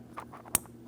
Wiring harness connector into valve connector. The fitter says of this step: Press it in, audible click there.